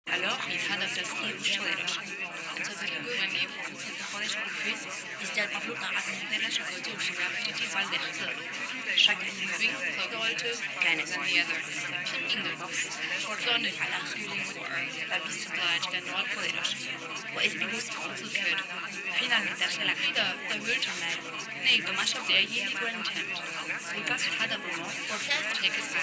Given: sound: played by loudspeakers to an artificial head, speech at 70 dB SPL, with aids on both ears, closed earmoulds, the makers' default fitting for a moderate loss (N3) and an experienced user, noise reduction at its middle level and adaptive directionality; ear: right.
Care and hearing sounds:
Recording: speech test signal (ISTS) in cocktail-party noise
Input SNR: -3 dB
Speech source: in front (0 degrees)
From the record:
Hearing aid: class 2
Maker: G

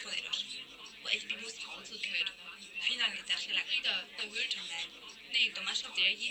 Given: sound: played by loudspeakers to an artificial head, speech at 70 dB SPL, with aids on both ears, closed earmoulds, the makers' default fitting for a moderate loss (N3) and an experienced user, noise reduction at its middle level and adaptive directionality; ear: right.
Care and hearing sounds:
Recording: speech test signal (ISTS) in cocktail-party noise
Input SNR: -3 dB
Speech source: on the right (90 degrees)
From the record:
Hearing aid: class 1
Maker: I

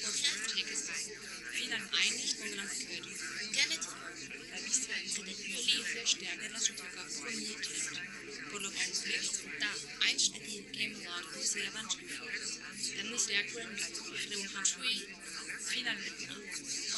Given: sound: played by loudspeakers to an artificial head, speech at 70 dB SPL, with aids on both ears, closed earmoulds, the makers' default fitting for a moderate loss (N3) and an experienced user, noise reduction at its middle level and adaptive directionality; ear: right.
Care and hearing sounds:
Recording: speech test signal (ISTS) in cocktail-party noise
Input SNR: -6 dB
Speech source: in front (0 degrees)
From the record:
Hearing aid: class 1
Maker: H

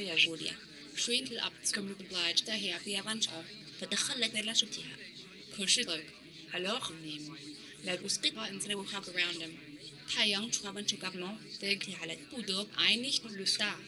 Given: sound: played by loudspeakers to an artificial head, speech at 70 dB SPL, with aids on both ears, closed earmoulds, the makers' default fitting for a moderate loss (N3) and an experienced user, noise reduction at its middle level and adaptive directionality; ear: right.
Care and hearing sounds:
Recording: speech test signal (ISTS) in cocktail-party noise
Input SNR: +6 dB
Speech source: on the right (90 degrees)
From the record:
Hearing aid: class 2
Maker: J

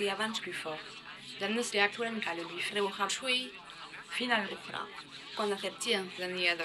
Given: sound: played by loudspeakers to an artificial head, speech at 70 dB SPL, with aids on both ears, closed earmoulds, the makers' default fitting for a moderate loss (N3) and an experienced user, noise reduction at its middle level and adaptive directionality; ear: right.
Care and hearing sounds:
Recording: speech test signal (ISTS) in cocktail-party noise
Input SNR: +9 dB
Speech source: in front (0 degrees)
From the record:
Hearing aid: class 1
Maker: E

